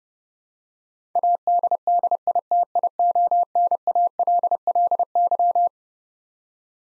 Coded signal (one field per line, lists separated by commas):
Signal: Morse code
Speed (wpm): 30 wpm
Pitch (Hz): 700 Hz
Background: none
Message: ADDITIONALLY